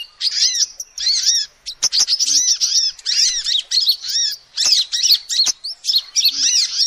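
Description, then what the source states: Lovebird chatter, a dense run of shrill, rapid chirps and squeaky notes in bursts with brief pauses, plus occasional sharp clicks. Calls used as a lure (pikat) to trap birds.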